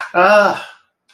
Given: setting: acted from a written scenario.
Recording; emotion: vocal sound without words; distress